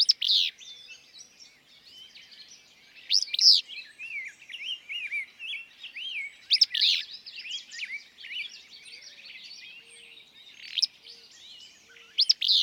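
Willow flycatcher song, a harsh sneezy buzzy phrase repeated several times, amid a steady background of high chirping birds.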